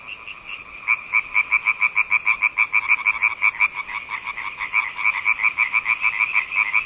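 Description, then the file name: A frog gives a fast series of bright, evenly spaced croaks after a soft start, continuing without a break to the end. "zaby"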